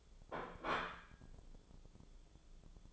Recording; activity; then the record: daily activity, microphone in the room; place plate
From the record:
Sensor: 5